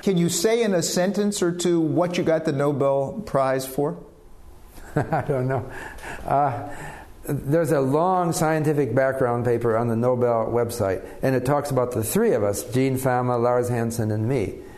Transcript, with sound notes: Can you say in a sentence or two what you got the Nobel Prize for?
(LAUGHTER) I don't know. There is a long scientific background paper on the Nobel Web site and it talks about the three of us, GeneFama, Lars Hansen, and me,